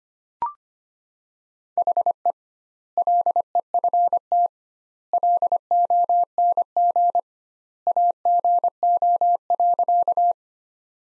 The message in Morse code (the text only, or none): HE LEFT LONG AGO.